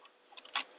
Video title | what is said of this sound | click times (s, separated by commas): First Stitches on the BRAND NEW Sparrow QE | Okay, so that all locks into place. | 0.5 s, 0.6 s